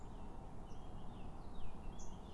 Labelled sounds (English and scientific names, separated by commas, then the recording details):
Eurasian Blackcap (Sylvia atricapilla)
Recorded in Germany
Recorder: ecoPi